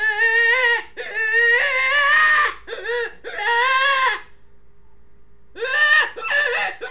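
Rabbit wailing: long nasal cries that rise and fall, a quiet gap of over a second, then two shorter squeals.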